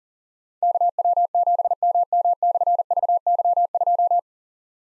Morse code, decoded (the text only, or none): KW7MM/VY2